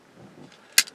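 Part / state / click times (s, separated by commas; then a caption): folding tool into multitool handle / seated / 0.8 s. A tool on a Gerber MP600 multitool is folded back into its metal handle after the lock release is pulled back. Soft handling noise builds to a sharp metallic click at 0.8 s, followed by a small rattle. The tool is seated and stowed in the handle.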